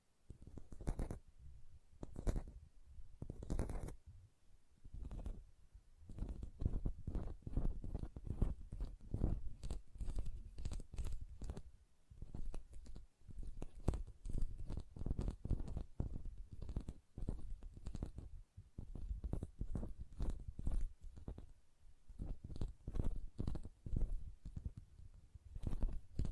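Hand sounds with nail tapping and lotion: a steady stream of quick soft taps and rubs, dense and irregular, mostly low with occasional brighter clicks.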